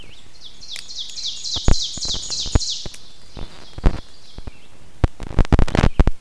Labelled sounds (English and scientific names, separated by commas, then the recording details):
Ovenbird (Seiurus aurocapilla) song
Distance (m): 30 m
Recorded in boreal forest in Alberta, Canada, on 5 June 2016 at 06:25
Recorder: SongMeter 3, array SBT-3-51
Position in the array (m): 242 m, 133 m
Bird 28